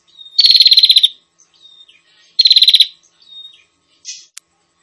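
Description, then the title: Prinia calls: two loud, rapid buzzy rattles near the same pitch, each under a second, with faint soft chirps and a click between them. Noisy prinia calling used as a lure for prinias, aimed at the red-headed prinia and the 'visiting' prinia. "Suara Prenjak Ribut Buat Pikat Burung Prenjak Kepala Merah Prenjak Tamu"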